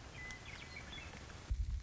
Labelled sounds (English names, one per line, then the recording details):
Western Meadowlark
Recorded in Sonoma County, California